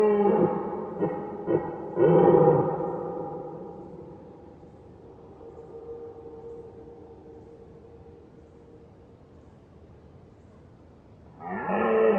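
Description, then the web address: Red Deer roars: a run of short, hoarse grunting bursts, then a fuller bellow, a long low fading groan, and a fresh loud roar starting at the close. Red deer roaring, heard at far distance. "Ivo Vicic - Red Deer and Roe Deer"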